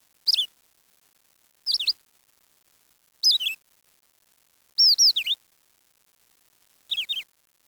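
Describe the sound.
Bird chirps: short, high, sharply down-slurred twitters in tight clusters of a few notes, repeated every second or two against a silent background.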